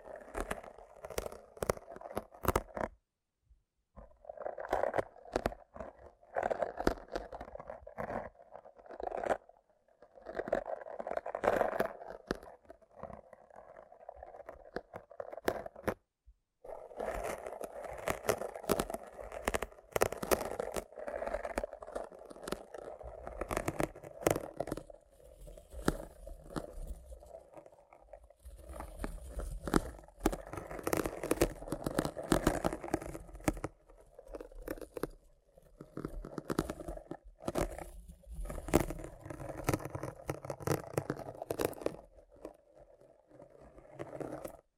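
Rough picking and cleaning sounds: dense scratching and crunching strokes that come in rapid bursts, with brief pauses near 3, 10 and 16 seconds. The texture stays busy and gritty throughout, mid-toned with crisp edges.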